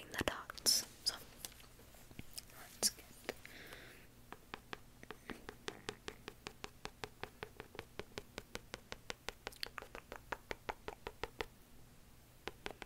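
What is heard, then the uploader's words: Crisp tapping on a book fills the recording, starting with a few louder, scattered knocks and brushing sounds during the first four seconds. From there the taps settle into a quick, fairly even rhythm, about four per second, over a faint low hum. Book Tracing And Tapping.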